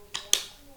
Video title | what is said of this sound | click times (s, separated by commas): GoPro Mounts - Pop Culture & Podcast Update (July 24, 2023) | designed for quick release that you can slide it into place and you hear a click | 0.3 s